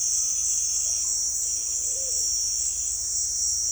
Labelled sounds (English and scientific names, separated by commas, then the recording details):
none
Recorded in dense forest near Puerto Asís, Putumayo, Colombia, on 20 February 2024 at 17:30
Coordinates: 0.496, -76.326
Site G6383